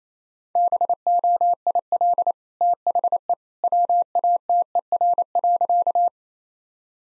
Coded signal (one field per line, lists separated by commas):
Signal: Morse code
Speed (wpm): 28 wpm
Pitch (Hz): 700 Hz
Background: none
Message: BOIL THE WATER.